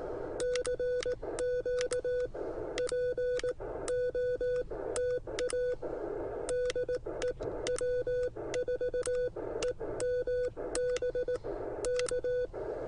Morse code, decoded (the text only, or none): CQ POTA DE W4EMB K